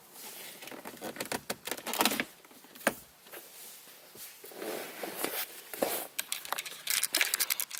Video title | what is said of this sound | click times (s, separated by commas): Challenger Hellcat: Barton Shifter Installation Pt: 1 | Now that I have the whole thing up, popped out, you probably sure you hear the popping. | 2.0 s, 2.9 s, 7.2 s